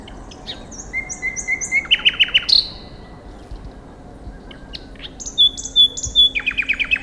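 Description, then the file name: Common nightingale song of a held whistled note breaking into rapid repeated chirps, a pause, then a steady whistle and another fast chirping run. "Luscinia megarhynchos"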